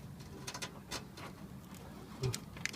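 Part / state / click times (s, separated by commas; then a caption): 24-pin power supply connector into motherboard socket / seated / 2.6 s. A 24-pin plastic ATX power connector, with its orientation checked, is pushed into the power socket of an ASUS H110M-A motherboard during a PC build with an i5-6500. Soft scuffs and brief taps lead up to a sharp click at 2.7 seconds, when the connector latches and seats in the socket.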